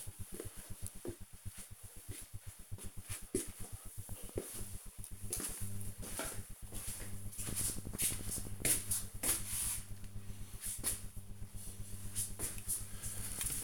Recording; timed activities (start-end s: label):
household activities, microphone on the right wrist
11.75-13.64 s: washing dishes